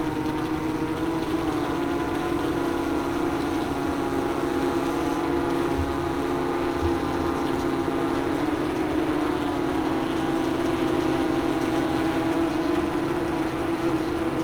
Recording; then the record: honeybees, microphone in the hive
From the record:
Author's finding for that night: worker piping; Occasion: New Year's Eve 2019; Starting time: 3:16:35 AM